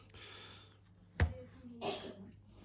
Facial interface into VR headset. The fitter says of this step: hear a real positive click as it's clicked in, so you just know, you know, it's clicked in positively.